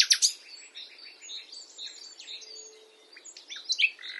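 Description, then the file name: Common nightingale song: a dense run of varied chirps and trills with a few sharp loud notes at the start and near the end. "Luscinia megarhynchos"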